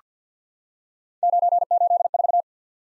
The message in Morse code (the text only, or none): 984